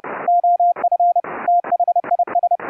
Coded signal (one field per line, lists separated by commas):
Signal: Morse code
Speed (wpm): 30 wpm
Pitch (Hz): 700 Hz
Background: none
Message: OF THIS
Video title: Remote Rig setup for a Windows 10 laptop to key CW(afcw) on an Elecraft K3S::Raspberry PI interface